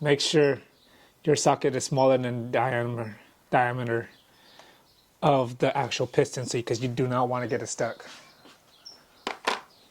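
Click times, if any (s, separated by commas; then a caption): 9.5 s. Someone talks while pressing a metal circlip into the piston groove with a socket smaller than the piston diameter, to retain the wrist pin in a 60cc big bore kit for a Yamaha PW50. After the talking stops, a few short, sharp taps sound near the end, with the small click at 9.5 s as the circlip seats all the way into its groove.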